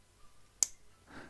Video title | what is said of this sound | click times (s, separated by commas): Garry Live - Fountain Pen chat + more | you hear that click | 0.6 s